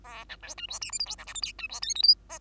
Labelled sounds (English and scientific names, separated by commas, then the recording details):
Bengalese Finch (Lonchura striata domestica) song
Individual Bird2